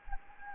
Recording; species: mosquito wingbeat signal from an infrared sensor; Anopheles gambiae